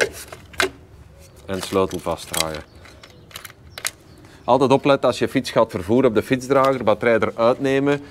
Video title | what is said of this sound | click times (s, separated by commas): MTB CYCLETECH Code ingebruikname | insteken en gewoon de batterij erin klikken. | 0.6 s